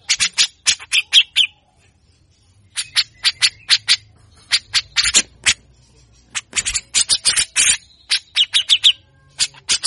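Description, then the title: Grey-cheeked bulbul giving rough, rasping chatter in fast repeated bursts, with a pause near two seconds and a few clearer tonal notes mixed in. Training recording (masteran) for songbirds; the bird sings persistently in a harsh, rapid style (besetan kasar, mbeset ngotot), long duration, meant to provoke other birds. "MASTERAN CUCAK JENGGOT GACOR FULL BESETAN KASAR. Cucak Jenggot Gacor Mbeset Ngotot Pancing Emosi Burung Bahan Bagus Untuk MASTERAN"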